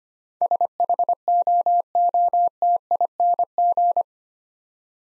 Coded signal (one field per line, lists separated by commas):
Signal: Morse code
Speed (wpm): 25 wpm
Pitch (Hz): 700 Hz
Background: none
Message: SHOOTING